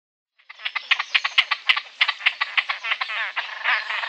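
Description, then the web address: Great crested grebe producing a fast, dry ticking rattle that builds into a continuous harsh, buzzy grating call. "Great Crested Grebe"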